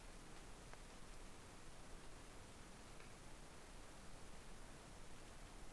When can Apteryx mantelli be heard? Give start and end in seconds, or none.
none